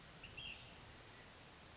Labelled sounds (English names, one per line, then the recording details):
Ash-throated Flycatcher
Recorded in Sonoma County, California